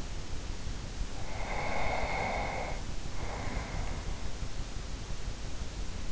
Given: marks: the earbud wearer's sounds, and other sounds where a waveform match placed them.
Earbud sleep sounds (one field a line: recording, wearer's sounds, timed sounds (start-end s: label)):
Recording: sounds in sleep by an in-ear microphone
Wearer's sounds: breath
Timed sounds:
1.24-4.60 s: breath